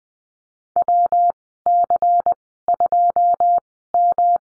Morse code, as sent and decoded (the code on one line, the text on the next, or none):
.-- -.-. ..--- --
WC2M